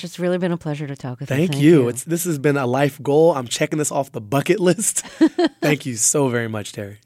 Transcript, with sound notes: It's really been a pleasure to talk with you. Thank you.
Thank you. This has been a life goal. I'm checking this off the bucket list. (LAUGHTER) Thank you so very much, Terry.